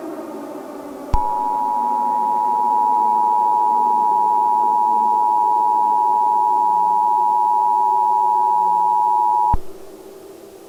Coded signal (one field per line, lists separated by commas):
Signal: Emergency Alert System (SAME) tones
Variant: 853 and 960 Hz attention tone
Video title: SCP-001 "When Day Breaks" Emergency Alert System Broadcast (EAS)